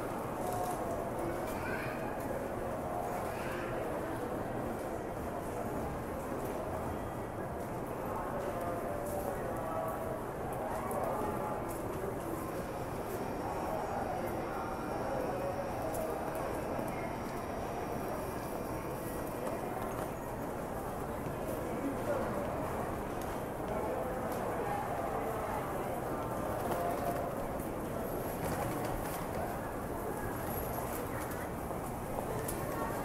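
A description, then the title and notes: A busy train station hums with steady, dense crowd chatter and a low rumble of trains throughout. Voices blend into a continuous murmur, with brief brighter tones and clatter appearing now and then, including a faint high whine near the middle. TOKYO TRAIN STATION IN JAPAN AMBIENCE.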